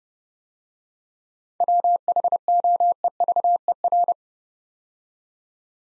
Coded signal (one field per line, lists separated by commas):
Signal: Morse code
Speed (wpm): 30 wpm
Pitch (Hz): 700 Hz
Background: none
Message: WHOEVER